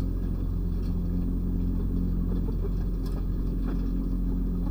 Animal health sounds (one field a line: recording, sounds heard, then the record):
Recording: poultry house recording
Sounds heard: sick chickens (respiratory disease)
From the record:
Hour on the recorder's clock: 3